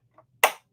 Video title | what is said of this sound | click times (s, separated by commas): Cracking a CGC Comic Slab & Prepping for Pressing | and you hear it pop let me try to face it this way for you | 0.4 s